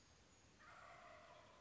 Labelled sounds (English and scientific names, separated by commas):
Wild Turkey (Meleagris gallopavo)